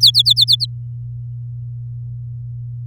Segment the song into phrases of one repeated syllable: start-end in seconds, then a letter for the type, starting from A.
0.01-0.66 A